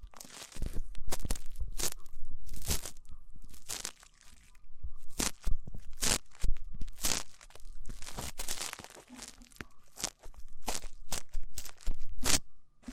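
Ear cleaning with rough scratching and crinkling sounds in irregular bursts, sharp bright crackles cutting through a low rumbling rub. Quieter gaps break the activity near 4, 10 and 12 seconds, and a faint steady tone hums underneath throughout.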